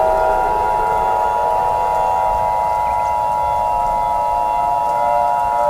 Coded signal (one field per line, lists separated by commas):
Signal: Emergency Alert System (SAME) tones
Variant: 853 and 960 Hz attention tone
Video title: EAS Scenario #8: Planet-X